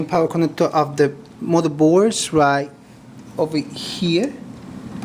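Someone talks while handling the plastic main power connector from the power supply, pushing it toward the motherboard's main power socket. Nothing has seated or clicked yet; the connector is not yet home when the clip ends.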